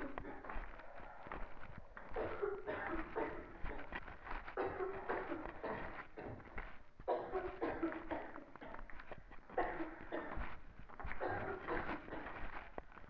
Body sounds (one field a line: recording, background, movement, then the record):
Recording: deep breathing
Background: a bystander coughing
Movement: walking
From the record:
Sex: female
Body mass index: 18.3 kg/m2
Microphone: on the chest, facing the body